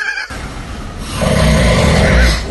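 General snoring from a sleeping adult man with sleep apnea: a low, rumbling inhaled snore that swells in loudness after about one second, its energy concentrated below 200 Hz.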